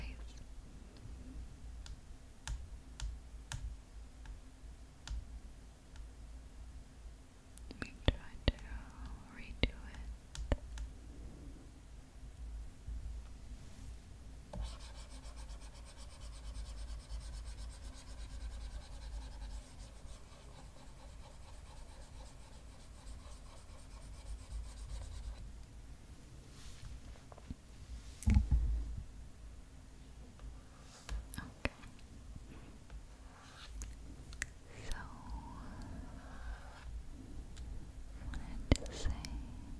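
Quiet rubbing and scratching sounds from makeup being applied on a tablet, with scattered sharp taps and clicks throughout. From about 14 to 25 seconds a steady soft hiss of brushing or drawing fills in. A low hum sits constantly underneath.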